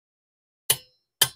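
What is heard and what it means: A click-type torque wrench set to 100 ft-lb tightens a steel axle mounting bolt on a replacement for a bent Dexter 3,500 axle on a travel trailer, torqued to the manufacturer's required specification. After silence, two sharp metallic clicks ring out at 0.7 s and 1.2 s as the wrench breaks over, confirming the bolt has reached the set torque.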